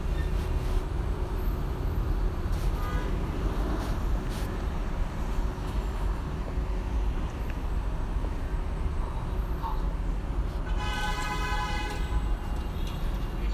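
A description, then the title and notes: At the 'Window Pain' installation, a steady, dense low rumble, with scattered clicks and a bright ringing squeal near the end. A field recording of a visit to experience the sound piece 'Window Pain' by Colin Siyuan Chinnery, installed at Tattoo Parlour space in Beijing.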